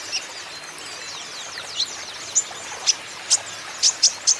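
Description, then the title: Van Hasselt's sunbird call: sharp, high, clipped notes, growing more frequent toward the end, over a faint hissing background. Green-plumaged (ijoan) konin singing steadily and constantly (gacor), used as a lure and therapy for untrained konin, which are sure to answer. "KOLIBRI NINJA KONIN IJOAN GACOR COCOK UNTUK PANCINGAN TERAPI KONIN BAHAN PASTI NYAUT"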